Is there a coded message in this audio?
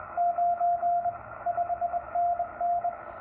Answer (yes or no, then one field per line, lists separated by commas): yes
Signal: Morse code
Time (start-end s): 0.2-2.9 s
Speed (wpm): 22 wpm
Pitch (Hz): 700 Hz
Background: radio noise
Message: 9 5NN